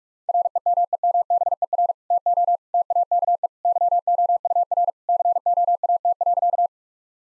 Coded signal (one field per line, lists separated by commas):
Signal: Morse code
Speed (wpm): 46 wpm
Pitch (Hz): 700 Hz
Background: none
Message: REMEMBER TO TAKE YOUR COAT.